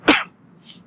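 A single short, explosive cough from an adult man who is sick, then near silence; an ordinary cough during illness.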